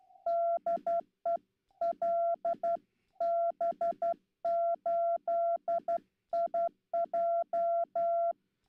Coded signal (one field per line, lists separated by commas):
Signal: Morse code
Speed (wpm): 11 wpm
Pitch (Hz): 680 Hz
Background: none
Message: DE LB8IJ